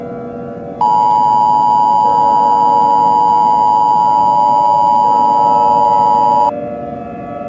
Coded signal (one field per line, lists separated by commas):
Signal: Emergency Alert System (SAME) tones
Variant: 853 and 960 Hz attention tone